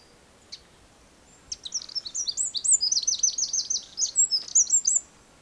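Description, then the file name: Eurasian wren song: a fast, high-pitched cascade of buzzy trills and twitters after a faint click, over soft ambient noise. "Troglodytes troglodytes"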